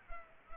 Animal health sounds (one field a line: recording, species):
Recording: mosquito wingbeat signal from an infrared sensor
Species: Culex pipiens